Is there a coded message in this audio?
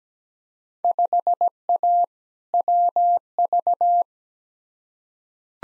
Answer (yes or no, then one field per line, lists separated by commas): yes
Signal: Morse code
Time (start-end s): 0.8-4.0 s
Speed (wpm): 17 wpm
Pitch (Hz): 700 Hz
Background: none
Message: 5A WV